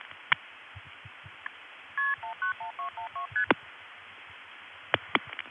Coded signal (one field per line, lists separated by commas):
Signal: multi-frequency trunk signalling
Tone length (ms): 110 ms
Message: KP191212ST